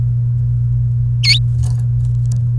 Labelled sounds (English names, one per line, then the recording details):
Domestic Canary song
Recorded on 29 April 2018 at 17:09
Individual llb3